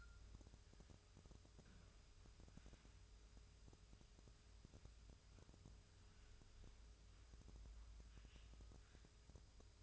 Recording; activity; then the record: daily activity, microphone in the room; wipe stove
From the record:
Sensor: 2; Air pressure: 1004.7 hPa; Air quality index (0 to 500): 73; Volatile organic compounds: 1 ppm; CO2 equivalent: 866 ppm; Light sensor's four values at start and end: 7/16/7/7 and 7/16/7/7